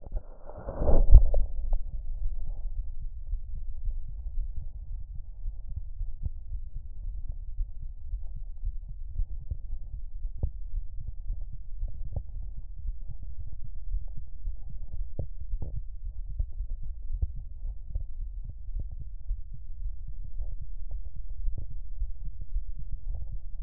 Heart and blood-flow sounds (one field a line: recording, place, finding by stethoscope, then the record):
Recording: heart sounds by stethoscope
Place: aortic valve (AV)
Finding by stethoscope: normal heart sounds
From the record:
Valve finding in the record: aortic regurgitation, grade 0, sclerotic aortic valve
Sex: female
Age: 56 years